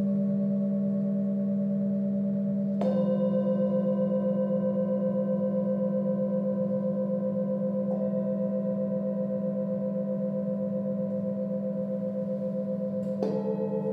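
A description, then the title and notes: Singing bowls ring in a long, steady low hum with bright overtones, freshly struck near three seconds and again near thirteen seconds. This is the first track I recorded of Vicky and Emma at Omoon Studio in Tsim Sha Tsui, HK. Emma journeys around the room and plays singing bowls or other sound instruments to each participant while Vicky creates the overall mood in the space from a stationary position. Vicky played the singing bowls and tongue drum and Emma played the rain 'ring' and some bowls.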